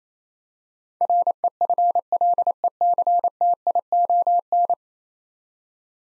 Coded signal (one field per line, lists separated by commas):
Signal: Morse code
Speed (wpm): 28 wpm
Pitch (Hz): 700 Hz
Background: none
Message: REFLECTION